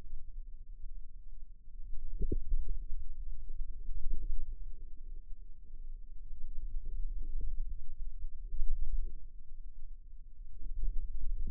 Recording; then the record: forearm muscle sounds (acoustic myography)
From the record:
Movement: radial deviation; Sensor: system 2, bracelet of six BSWA MPA416 microphones around the upper forearm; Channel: 1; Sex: female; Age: 22 years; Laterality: right